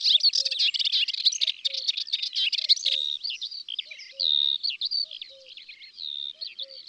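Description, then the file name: Melodious warbler song opening with a hurried, scratchy chatter, then easing into slurred whistled notes and short twitters, while soft low double notes recur at regular intervals. Recorded in the countryside. "Hypolais polyglotte Chants doiseaux dans la campagne"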